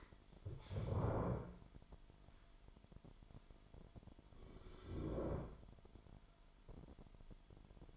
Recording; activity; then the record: daily activity, microphone in the room; stand up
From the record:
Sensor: 5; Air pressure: 998.6 hPa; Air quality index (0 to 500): 90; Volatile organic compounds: 2 ppm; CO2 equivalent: 1036 ppm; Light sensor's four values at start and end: 33/80/33/37 and 33/80/33/37